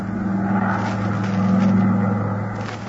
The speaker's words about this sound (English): So he chartered a plane, and we took off for Miami.